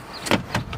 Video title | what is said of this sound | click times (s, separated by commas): Cheshire Cars Volvo XC60 ES 6 Speed 74888 Miles 1 Former Owner Service History | and just locks into place. | 0.3 s